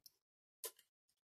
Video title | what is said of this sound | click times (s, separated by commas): Przerzutki montaż oraz regulacja zakresu | Często słychać takim charakterystycznym o kliknięciem. | 0.6 s